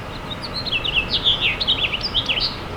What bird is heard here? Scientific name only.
Haemorhous mexicanus